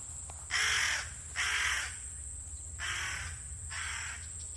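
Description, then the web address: Bird giving four harsh, hoarse caws, each about half a second long, over a low background hum. "Deverinetal 2025 File origin Bird Only"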